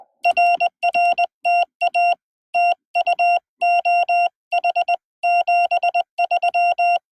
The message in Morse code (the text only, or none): RR TA TU OH 73